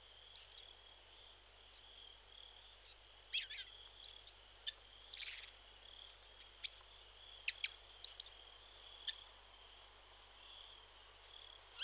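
Spotted flycatcher giving short, very high, thin call notes at irregular intervals, some sharp and clicking, over a faint steady high-pitched background hum.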